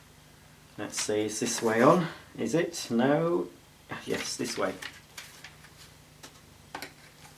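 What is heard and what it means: Someone talks while turning the plastic extension tube of a Vax Air Revolve Pet Bagless Vacuum Cleaner to find the right orientation before pushing it into the hose handle. Only small handling ticks follow, at about 5.2, 5.5, 6.2 and 6.8 seconds. The tube has not been pushed home and nothing has clicked yet.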